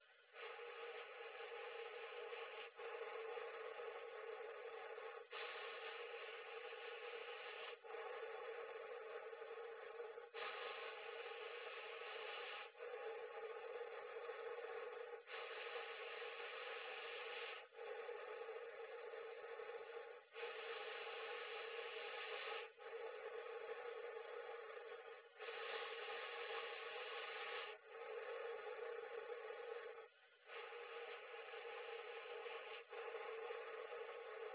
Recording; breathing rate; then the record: paced breathing near a phone; 12 breaths a minute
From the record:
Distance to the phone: 20 cm